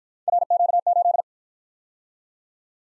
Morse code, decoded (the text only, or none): RQ8